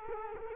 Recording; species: mosquito wingbeat signal from an infrared sensor; Culex quinquefasciatus